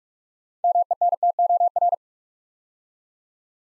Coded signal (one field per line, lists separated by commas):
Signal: Morse code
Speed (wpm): 44 wpm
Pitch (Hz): 700 Hz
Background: none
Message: MENTOR